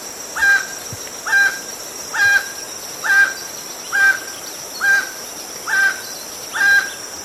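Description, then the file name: Emerald toucanet giving evenly spaced, harsh barking notes roughly every 0.9 seconds, with a continuous high-pitched insect buzz behind. "Canto do tucaninho verde"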